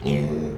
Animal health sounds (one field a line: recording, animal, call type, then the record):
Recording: contact call of a hoofed animal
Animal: pig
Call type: closed-mouth grunt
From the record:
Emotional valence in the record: negative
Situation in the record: short social isolation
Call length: 0.57 s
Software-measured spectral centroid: 1580 Hz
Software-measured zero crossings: 740 a second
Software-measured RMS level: -24 dBFS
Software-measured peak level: -11 dBFS